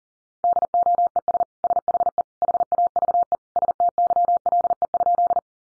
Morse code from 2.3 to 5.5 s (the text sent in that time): HAVE STYLE?